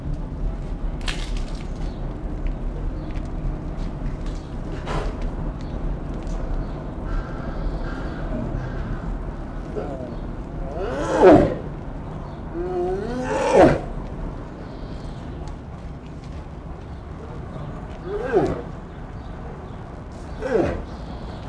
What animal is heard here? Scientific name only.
Ursus arctos